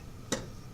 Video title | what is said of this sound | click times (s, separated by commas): Promethean LRS Activexpression and Activote: DCS Technology DIY | It just snaps right in like that, and you'll know it's in all the way because it won't tug out very easily. | 0.3 s